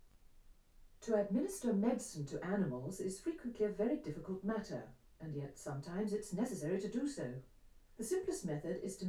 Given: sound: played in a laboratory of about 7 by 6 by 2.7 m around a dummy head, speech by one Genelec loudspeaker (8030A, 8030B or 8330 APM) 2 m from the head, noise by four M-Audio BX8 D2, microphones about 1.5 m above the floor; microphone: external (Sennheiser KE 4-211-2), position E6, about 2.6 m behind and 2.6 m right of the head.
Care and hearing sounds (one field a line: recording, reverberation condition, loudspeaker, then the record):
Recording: female speech in English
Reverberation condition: low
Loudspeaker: 150 degrees to the left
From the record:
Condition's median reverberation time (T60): about 310 ms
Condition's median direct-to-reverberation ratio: about 3.5 dB